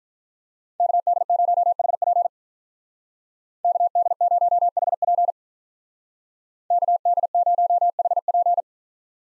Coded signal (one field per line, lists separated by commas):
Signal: Morse code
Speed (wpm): 44 wpm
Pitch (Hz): 700 Hz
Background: none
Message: KD0HP KD0HP KD0HP